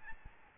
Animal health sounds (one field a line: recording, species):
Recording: mosquito wingbeat signal from an infrared sensor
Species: Aedes albopictus